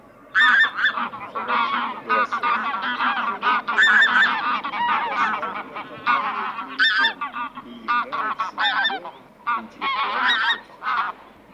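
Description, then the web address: Bean goose honking calls, a flock of overlapping nasal honks and cackles in bursts throughout. "Гуменник Oca Granaiola"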